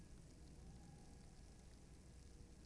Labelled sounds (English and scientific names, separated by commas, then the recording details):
Tawny Owl (Strix aluco)
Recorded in Germany
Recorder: ecoPi